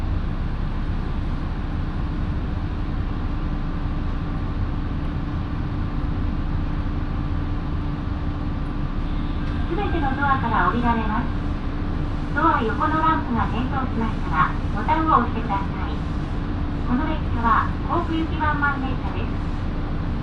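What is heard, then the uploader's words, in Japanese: A local train on the Minobu Line runs with a steady low rumble and hum throughout, a faint constant tone sitting above it. From about ten seconds in, bursts of voices break through intermittently over the engine noise until the end. 身延線 富士→芝川。身延線を各駅停車で乗り通します。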